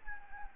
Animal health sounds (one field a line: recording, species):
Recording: mosquito wingbeat signal from an infrared sensor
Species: Anopheles gambiae